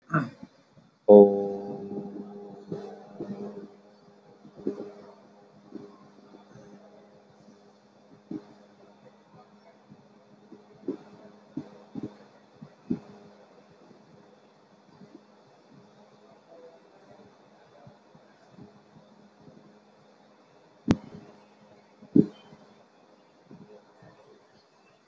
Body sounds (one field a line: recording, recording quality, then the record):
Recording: sustained vowel as in boot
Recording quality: excellent, no background noise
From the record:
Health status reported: COVID-19 positive, mild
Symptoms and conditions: loss of smell and taste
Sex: male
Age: 22 years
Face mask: worn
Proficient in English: yes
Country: India